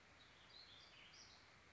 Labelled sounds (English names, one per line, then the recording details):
Warbling Vireo
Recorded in Sonoma County, California